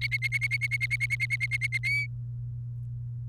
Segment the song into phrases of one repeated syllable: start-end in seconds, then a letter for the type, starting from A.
0.01-1.78 A, 1.83-2.06 B